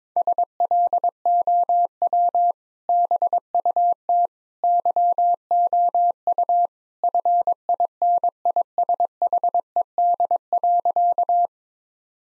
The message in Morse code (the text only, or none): SLOW BUT YOU FINISHED.